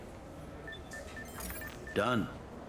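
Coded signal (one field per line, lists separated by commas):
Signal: none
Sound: game interface beeps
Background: speech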